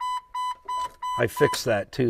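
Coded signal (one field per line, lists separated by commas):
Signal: none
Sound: car key reminder chime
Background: speech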